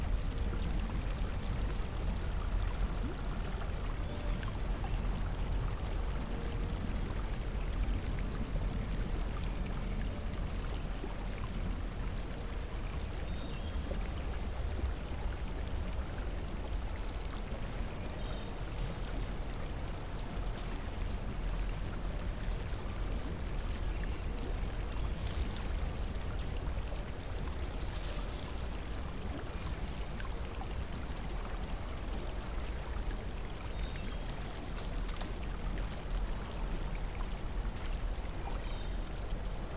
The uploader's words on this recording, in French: Dans une source d'eau chaude.